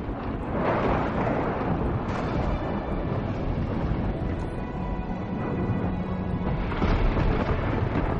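Loud, deafening thunder rolls on without pause, a heavy low rumble with crackling bursts layered over it and no talking.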